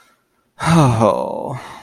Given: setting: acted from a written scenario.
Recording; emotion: vocal sound without words; shame